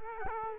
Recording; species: mosquito wingbeat signal from an infrared sensor; Culex quinquefasciatus